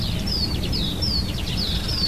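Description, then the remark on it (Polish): Birds sing outdoors in sunshine, a steady string of high, thin whistled notes, each sliding downward, repeating roughly twice a second over a constant low rumble of background noise. “O, słońce świeci, ptaki śpiewają.”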